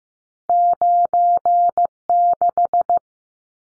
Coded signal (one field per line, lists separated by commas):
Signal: Morse code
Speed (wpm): 15 wpm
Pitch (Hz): 700 Hz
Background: none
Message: 96